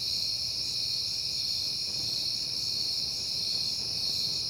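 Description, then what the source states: Crickets chirp in a dense, steady chorus of high trills that runs without pause, over a faint low hum. Recorded on a peaceful night in September; crickets heard often that month.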